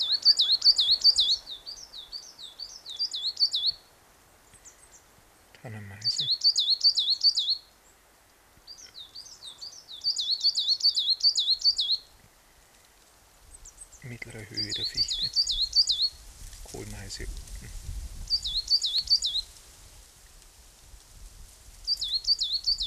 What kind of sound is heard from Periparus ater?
song